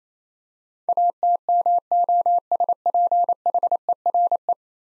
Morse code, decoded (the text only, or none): ATMOSPHERE